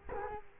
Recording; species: mosquito wingbeat signal from an infrared sensor; Culex quinquefasciatus